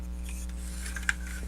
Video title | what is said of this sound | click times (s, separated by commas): Jinbao Robot project 4 Terribull & Tantrum July 26 2018 | No, because it locks in place there like it's supposed to. | 1.1 s